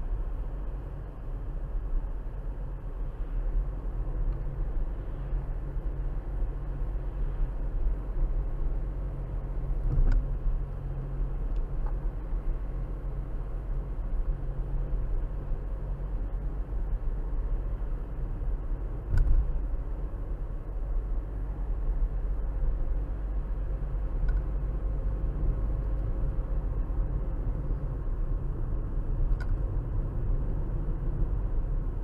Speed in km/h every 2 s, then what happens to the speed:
56, 56, 56, 56, 55, 55, 55, 56, 58, 58, 58, 58, 60, 60, 56, 56.
0-32 steady at about 56.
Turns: none.